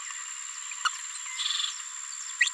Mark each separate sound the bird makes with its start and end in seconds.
2.40-2.46